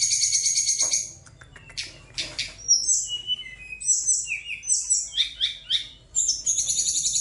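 Bird song of rapid buzzy trills alternating with clear whistles and quick falling chirps, lively and varied throughout.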